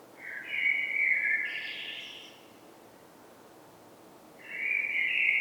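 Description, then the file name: Common blackbird song: a mellow warbled phrase with a higher twittered end, a two-second pause, then the next rich phrase starts. "Turdus merula"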